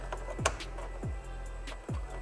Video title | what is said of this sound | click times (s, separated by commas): First-Timers Tackle G35 AC Repair with Harbor Freight Gear: Will It Work? | and it pops right in as well | 0.5 s